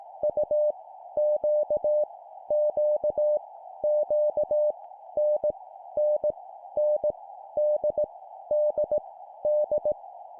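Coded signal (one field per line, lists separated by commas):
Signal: Morse code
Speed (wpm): 18 wpm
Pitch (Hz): 600 Hz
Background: none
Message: U Q Q Q N N N D D D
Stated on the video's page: Morse practice drill at 17 wpm, random letters each repeated three times.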